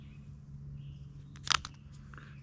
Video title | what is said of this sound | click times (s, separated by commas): UCO Mini Candle Lantern - Best Budget Candle Lantern | suffit de cliquer, vous voulez être absolument certain qu'il est cliqué avant de lâcher le bas | 1.5 s